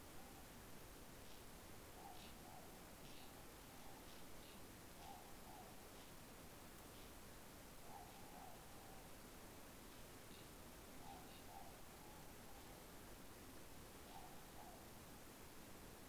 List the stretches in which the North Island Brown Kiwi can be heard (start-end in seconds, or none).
none